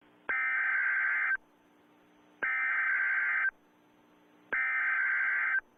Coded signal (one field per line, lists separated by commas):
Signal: Emergency Alert System (SAME) tones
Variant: header bursts